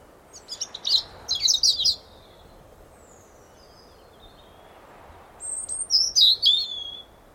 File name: Erithacus rubecula